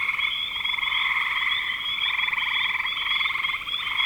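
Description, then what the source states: Many frogs calling at once in a continuous throbbing trill, the rapid pulses overlapping into an unbroken buzzing wall of sound. Frogs calling in spring 2025.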